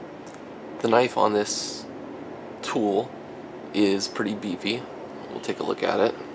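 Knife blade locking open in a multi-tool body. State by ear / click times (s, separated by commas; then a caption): not seated / none. A steel knife blade on a metal Leatherman Free T4 multi-tool is handled while someone talks. A faint tick at 0.3 s sits under the speech, but the blade has not locked open yet and nothing has seated or clicked.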